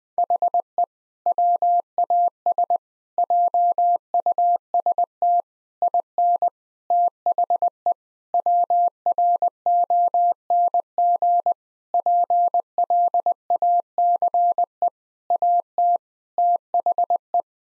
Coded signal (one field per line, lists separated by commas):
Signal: Morse code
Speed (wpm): 20 wpm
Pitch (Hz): 700 Hz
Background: none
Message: HE WAS JUST IN THE WRONG PLACE AT THE